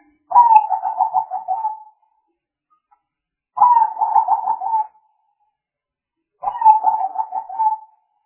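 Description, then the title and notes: Spotted dove giving three rolling coo phrases, each a short run of soft pulsed notes that trail off, spaced about three seconds apart in otherwise quiet surroundings. Compilation of the most effective spotted dove calls, used as a lure (pikat). "Pikat Burung Tekukur. Kumpulan suara burung tekukur"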